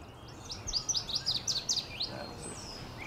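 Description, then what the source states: Northern Waterthrush song: a loud, rapid series of sharp chirping notes that drop in pitch toward the end, over faint background noise. Singing in bushes in a marsh and woodland spring migration stopover; loud chirping sound descending in pitch.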